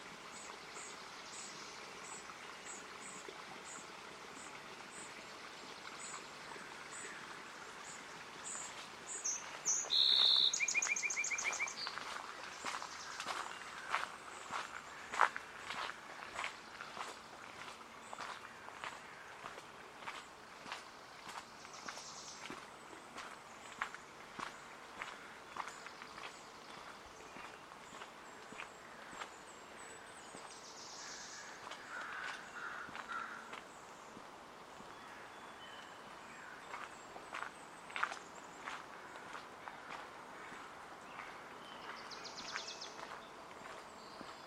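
Hoyt Arboretum in Portland, Oregon: a soft, steady outdoor hush runs throughout, with repeated footsteps crunching at a slow, uneven pace. A bright bird call cuts in around ten seconds, and a few faint chirps surface later.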